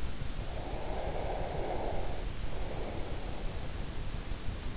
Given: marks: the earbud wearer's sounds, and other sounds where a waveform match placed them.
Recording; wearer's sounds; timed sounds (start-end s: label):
sounds in sleep by an in-ear microphone; breath
0.20-3.29 s: breath